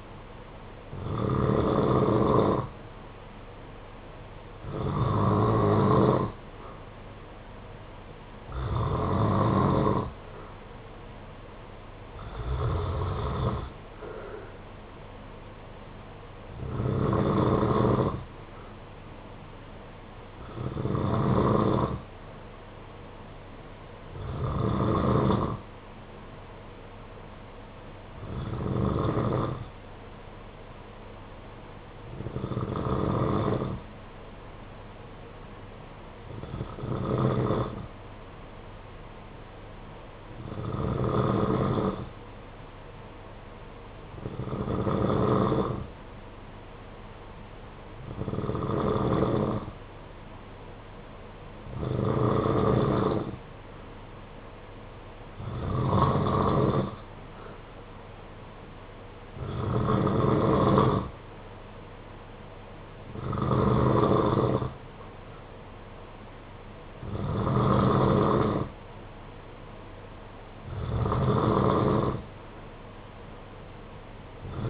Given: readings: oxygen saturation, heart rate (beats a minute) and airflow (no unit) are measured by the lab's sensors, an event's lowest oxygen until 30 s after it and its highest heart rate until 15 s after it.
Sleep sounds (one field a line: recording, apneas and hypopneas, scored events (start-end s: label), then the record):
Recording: breathing in sleep by a voice recorder at the bedside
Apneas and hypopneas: 1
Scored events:
27.00-48.60 s: hypopnea (N2, oxygen 94% highest, then 91% lowest, heart rate 56 at the start, 58 highest)
From the record:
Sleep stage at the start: N2 (light sleep)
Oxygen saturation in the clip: 90 to 94%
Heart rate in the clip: 53 to 59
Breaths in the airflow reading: 19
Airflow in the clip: -8.7 to 5.6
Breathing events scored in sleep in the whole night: 476 in 9.7 hours asleep